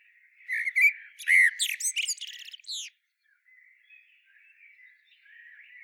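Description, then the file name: Common blackbird pouring out a fluty warbled phrase with a high chattering end, then fainter birds singing. "Turdus merula"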